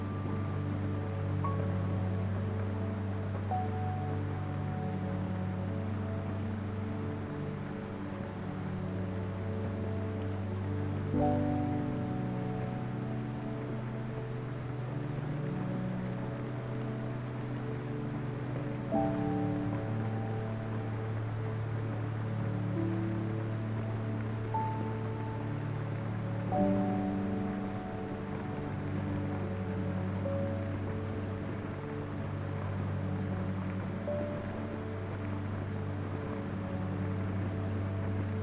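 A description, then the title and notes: A soft, slow piano melody plays over warm, sustained low chords, with new chords arriving roughly every eight seconds, near 11, 19 and 27 seconds. A steady hiss of rain and white noise fills the background at an even level throughout. White noise and rain along with a peaceful piano melody accompanied by an atmospheric soundscape in the background. Sound: rain sounds, white noise. Music: ambient music, piano, sleep music, atmospheric soundscape.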